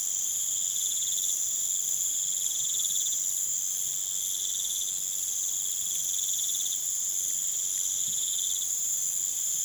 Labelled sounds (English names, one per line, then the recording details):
none
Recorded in pastures near Puerto Asís, Putumayo, Colombia, on 30 June 2025 at 00:30
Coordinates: 0.486, -76.323
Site H29